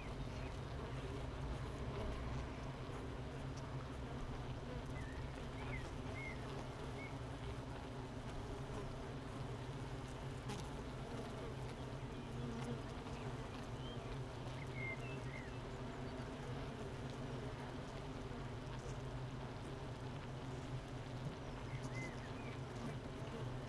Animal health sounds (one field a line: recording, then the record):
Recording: honeybee colony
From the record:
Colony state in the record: missing queen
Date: 31 May 2018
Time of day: 8:32